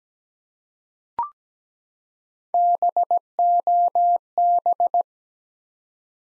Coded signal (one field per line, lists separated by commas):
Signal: Morse code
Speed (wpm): 17 wpm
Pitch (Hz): 700 Hz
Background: none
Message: BOB